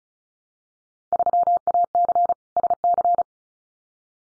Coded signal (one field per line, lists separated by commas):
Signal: Morse code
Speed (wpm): 36 wpm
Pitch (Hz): 700 Hz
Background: none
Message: 3AC SC